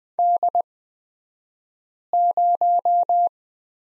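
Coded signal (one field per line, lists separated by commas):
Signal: Morse code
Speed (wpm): 20 wpm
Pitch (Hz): 700 Hz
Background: none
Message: D0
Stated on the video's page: Morse course lesson on the letter X, two-character drill, at Farnsworth speed 20/10wpm.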